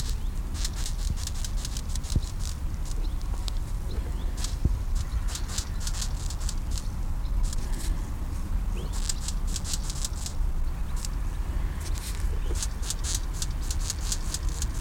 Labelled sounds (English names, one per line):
Spring Dumbledor stridulation